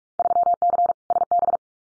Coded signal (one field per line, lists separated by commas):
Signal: Morse code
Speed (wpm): 44 wpm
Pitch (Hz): 700 Hz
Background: none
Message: 3C SB